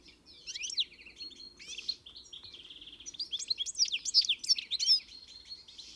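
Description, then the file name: European goldfinch producing a continuous liquid twitter mixed with a short buzzy trill and sharp high chirps. "Carduelis carduelis"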